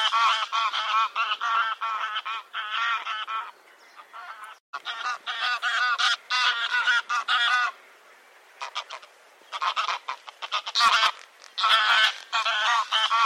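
Bird giving harsh, honking calls in rapid bursts of several notes, pausing briefly between runs, with a few sharper clicks near the end.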